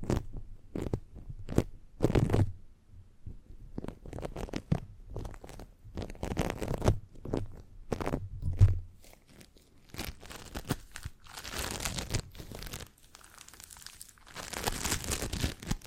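Squeezing, crinkling, tapping and scratching sounds arrive in irregular bursts, with sharp taps and crunches through the first ten seconds. After that, longer crinkly scratching passages take over, bright and dense, with a low rumbling thump underneath at times.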